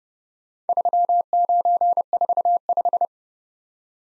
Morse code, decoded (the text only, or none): 3945